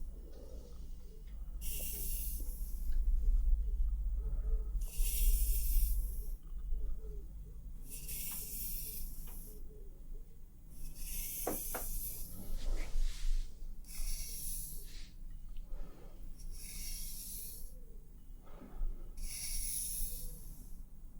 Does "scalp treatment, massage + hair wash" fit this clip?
yes